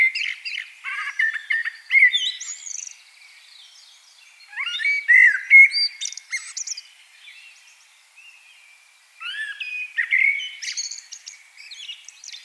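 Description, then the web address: Common blackbird singing three bursts of mixed whistles and high scratchy twitters separated by brief pauses. "SETE data Turdus merula"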